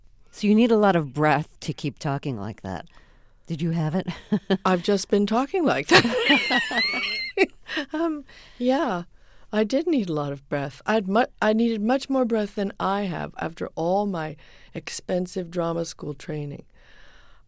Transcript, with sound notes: So you need a lot of breath to keep talking like that. Did you have it?
I've just been talking like that.
(LAUGHTER)
Yeah, I did need a lot of breath. I needed much more breath than I have, after all of my expensive drama school training.